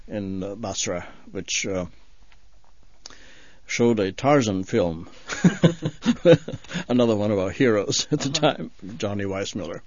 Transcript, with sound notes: in Basra, which showed a Tarzan film. (they laugh) Another one of our heroes at the time, Johnny Weissmuller.